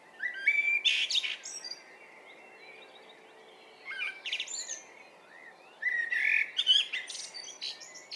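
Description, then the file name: Common blackbird song: whistled warbling phrases with squeaky high endings, coming in three bursts spaced a few seconds apart, with faint background hiss. "Turdus merula"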